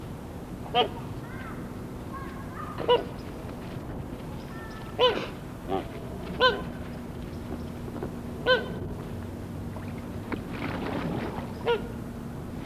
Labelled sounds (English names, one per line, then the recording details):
Coscoroba Swan call
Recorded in captivity
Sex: pair
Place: Ruhr-Zoo Gelsenkirchen, Nordrhein-Westfalen, DE
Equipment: Halbspur, 9,5 cm/s
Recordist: Lütgens, Hans